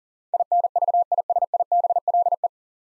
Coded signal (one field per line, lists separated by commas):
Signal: Morse code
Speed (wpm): 44 wpm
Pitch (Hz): 700 Hz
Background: none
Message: INVISIBLE